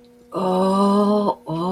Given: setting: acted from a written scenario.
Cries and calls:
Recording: vocal sound without words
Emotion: romantic love

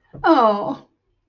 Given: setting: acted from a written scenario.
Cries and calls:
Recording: vocal sound without words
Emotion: adoration

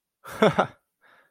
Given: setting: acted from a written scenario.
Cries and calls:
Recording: vocal sound without words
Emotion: amusement

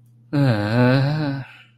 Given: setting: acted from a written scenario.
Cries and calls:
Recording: vocal sound without words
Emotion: sympathy

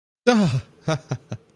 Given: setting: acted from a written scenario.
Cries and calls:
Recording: vocal sound without words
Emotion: relief

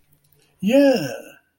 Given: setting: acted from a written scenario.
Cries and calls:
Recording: vocal sound without words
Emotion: ecstasy

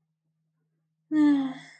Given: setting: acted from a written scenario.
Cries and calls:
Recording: vocal sound without words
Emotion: contentment

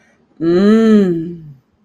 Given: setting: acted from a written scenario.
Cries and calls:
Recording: vocal sound without words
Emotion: desire

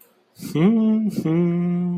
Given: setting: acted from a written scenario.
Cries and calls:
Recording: vocal sound without words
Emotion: serenity

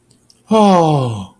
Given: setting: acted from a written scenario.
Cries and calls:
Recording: vocal sound without words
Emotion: disappointment

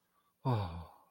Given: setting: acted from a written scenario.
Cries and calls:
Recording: vocal sound without words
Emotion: romantic love

